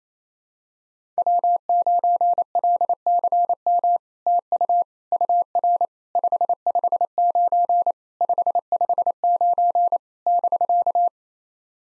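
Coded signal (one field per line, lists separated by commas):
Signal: Morse code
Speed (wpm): 28 wpm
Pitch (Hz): 700 Hz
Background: none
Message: W9LCM TU UR 559 559 <BK>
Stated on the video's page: Simulated SOTA QSO practice at 28 wpm: each exchange sent in Morse, spoken, then sent again.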